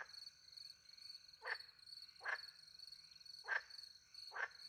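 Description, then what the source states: Frog uttering four short grating croaks at uneven intervals, with a continuous high cricket trill in the background. Frogs with crickets in countryside at night, France; microphones hidden in a tree close to a little pond; two Usi Pro microphones into a MixPre-10 II recorder.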